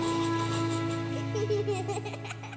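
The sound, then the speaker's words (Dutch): A baby's laughter and giggles ripple over a sustained musical backing, bright bursts of high-pitched chuckling that come in quick uneven spurts as the song plays on. “Ik denk dat de baby die je nu hoorde in dit prachtige lied inmiddels ook tegen de 40 loopt.”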